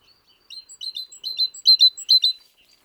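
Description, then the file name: Great tit uttering quick high chattering calls interspersed with thin whistled notes, grouped in short rhythmic bursts that grow louder toward the end. "Parus major"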